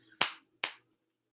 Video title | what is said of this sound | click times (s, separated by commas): Beatrice Bunny Tutorial - Machine Embroidery | and i usually snap it one click and then i adjust all my fabric | 0.6 s